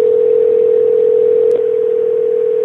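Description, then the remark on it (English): A telephone line tone drones as one steady, unbroken mid-pitched hum, loud and alone throughout, with a tiny click about halfway through. “All I'm hearing is a lot of ringing.”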